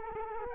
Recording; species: mosquito wingbeat signal from an infrared sensor; Culex quinquefasciatus